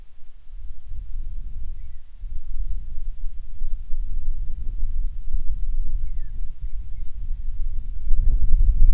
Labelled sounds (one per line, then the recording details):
wind
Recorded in the Prudhoe Bay oil fields, Alaska, on 10 July 2019 at 14:31
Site 14